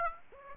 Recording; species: mosquito wingbeat signal from an infrared sensor; Aedes aegypti